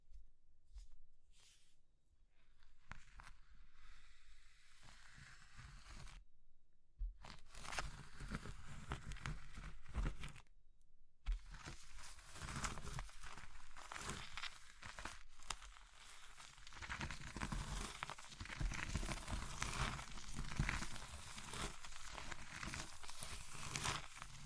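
Crushing of brittle materials like soap, chalk and meringue, heard as dense crunching and crumbling that fills the clip. The first seconds are sparser with scattered crackles, then two short silences near 6 and 10 seconds, after which the grinding crunch becomes louder and nearly continuous.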